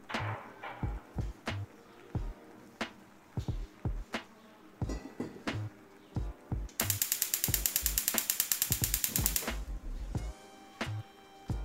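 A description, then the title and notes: Tea brewing, with a run of low knocks and sharp clicks falling roughly every half second. Between about seven and nine and a half seconds a bright, rapid ratcheting rattle takes over, then the knocks return with a faint steady tone near the end. Kitchen. Tea brewing.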